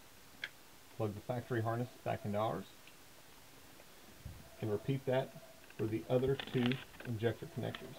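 A factory injector harness plug is pushed into the pass-through connector of an Ag Diesel Solutions Medium Duty Truck Edition 12251 add-on module harness on a 2013–2019 6.7L Cummins RV. A single sharp click sounds at 0.4 s as the connector seats, and then someone talks.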